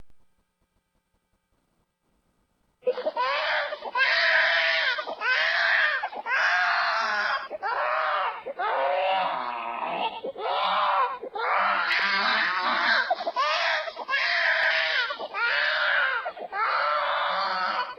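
A baby cries in loud, repeated wailing bursts, about one a second, after a few seconds of silence.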